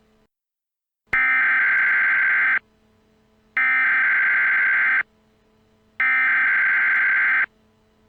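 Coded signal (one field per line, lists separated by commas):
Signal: Emergency Alert System (SAME) tones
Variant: header bursts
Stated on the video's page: Fictional EAS scenario recreation.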